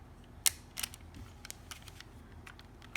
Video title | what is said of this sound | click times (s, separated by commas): Another Lego Puzzle - Best one yet?? | hold this there you go there we go that's a nice click | 3.0 s